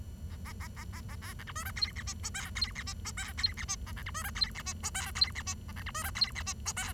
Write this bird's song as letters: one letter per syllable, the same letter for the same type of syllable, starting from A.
A A A A A A B C D E F G H I J K G H I J K G H I A C D E F G H I J K G H I A C D E F G H I J K